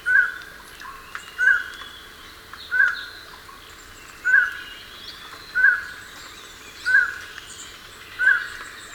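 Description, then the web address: Highland tinamou calling: short, soft, mid-pitched whistled notes repeated steadily about every 1.3 seconds over a faint background hiss. Recorded in Ecuador. "Birds of Ecuador Highland Tinamou"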